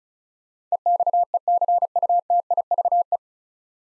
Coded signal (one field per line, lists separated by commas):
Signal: Morse code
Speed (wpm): 36 wpm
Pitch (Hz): 700 Hz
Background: none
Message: EXECUTIVE